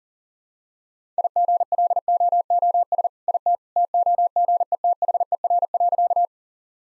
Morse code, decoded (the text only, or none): IGLOOS IT TOGETHER.